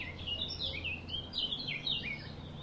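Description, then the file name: Eurasian blackcap warbling: a continuous run of fast, twisting notes sliding up and down throughout, with a faint low drone beneath. "Sylvia atricapilla"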